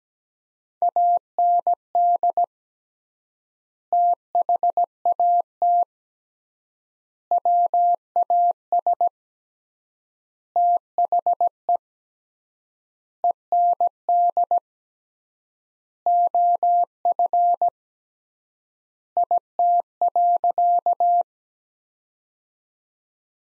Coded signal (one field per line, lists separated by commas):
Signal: Morse code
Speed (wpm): 17 wpm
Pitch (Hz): 700 Hz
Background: none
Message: AND THAT WAS THE END OF IT.